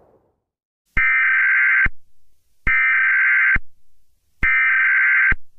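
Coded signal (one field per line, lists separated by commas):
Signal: Emergency Alert System (SAME) tones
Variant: header bursts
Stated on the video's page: Fictional simulated EAS scenario.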